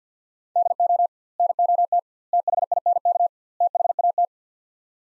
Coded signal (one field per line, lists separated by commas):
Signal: Morse code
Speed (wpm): 50 wpm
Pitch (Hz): 700 Hz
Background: none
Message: DO NOT THINK THAT